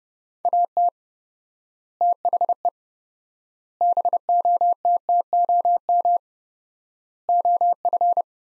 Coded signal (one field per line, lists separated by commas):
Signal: Morse code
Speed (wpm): 30 wpm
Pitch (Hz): 700 Hz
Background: none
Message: AT THE BOTTOM OF